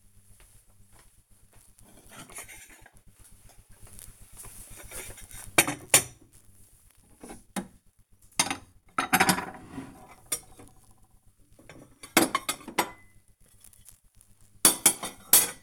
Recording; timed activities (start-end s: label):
household activities, microphone on the right wrist
0.00-15.63 s: putting away the dishes